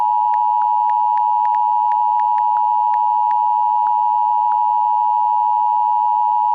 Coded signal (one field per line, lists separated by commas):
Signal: Emergency Alert System (SAME) tones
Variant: 853 and 960 Hz attention tone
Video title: EAS Severe Thunderstorm Warning On WJON 10/7/20 5:14 PM (17:14)